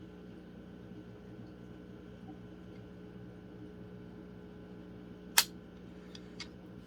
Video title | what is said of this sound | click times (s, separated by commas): Getting excited for trapping season + new duke traps! Quality traps for a great price! | hear that click | 5.4 s